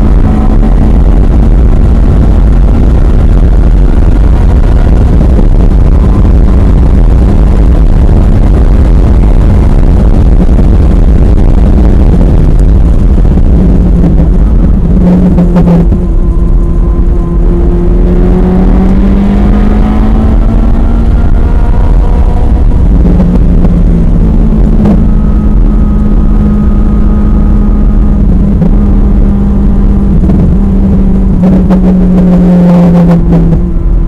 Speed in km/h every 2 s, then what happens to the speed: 159, 166, 167, 175, 179, 158, 114, 93, 105, 127, 132, 119, 116, 109, 105, 95, 92.
0-8 speeds up to 179. 8-15 brakes to 93. 15-19 speeds up to 132. 19-31 slows to 92.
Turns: 22-29.